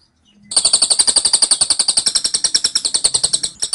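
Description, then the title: Scaly-crowned honeyeater: after a short quiet start, a fast, insistent string of piercing high ticks pours out in an unbroken rattle. Rapid-fire 'tembakan' song style, described as dense, insistent and long-lasting from an actively singing bird; used as a training recording for Oriental magpie-robins. "Tembakan Cililin Rapat Ngotot Durasi Panjang Suara Cililin Gacor Untuk Masteran Murai Batu"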